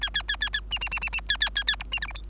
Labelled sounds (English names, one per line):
Bengalese Finch song